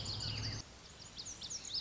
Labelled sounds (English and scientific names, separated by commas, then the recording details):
Lazuli Bunting (Passerina amoena)
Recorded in Sonoma County, California